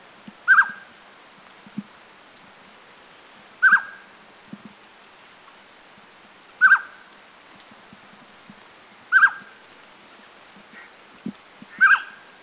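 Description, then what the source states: Spot-breasted scimitar babbler repeating a short, sharp whistled call five times, roughly every two to three seconds, with soft ticking sounds between calls. China, 5 March 2010.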